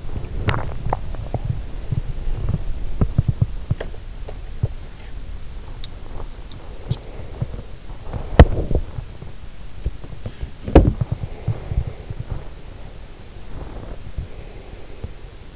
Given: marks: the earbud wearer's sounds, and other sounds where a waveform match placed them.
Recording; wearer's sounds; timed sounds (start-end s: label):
sounds in sleep by an in-ear microphone; teeth grinding, body movement
0.00-1.08 s: teeth grinding
0.00-5.25 s: body movement
5.72-15.56 s: body movement